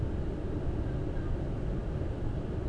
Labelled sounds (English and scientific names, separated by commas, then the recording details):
none
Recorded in Germany
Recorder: ecoPi